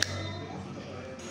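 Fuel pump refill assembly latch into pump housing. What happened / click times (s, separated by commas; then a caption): The plastic latch clicked home / 0.0 s. A plastic latch on the fuel pump refill assembly of a 2021 Factor 150 motorcycle is pressed into the pump housing during reassembly after fitting a new refill and O-ring. A sharp click is heard at 0.0 s, followed by a low steady background hum, and the latch seats and locks.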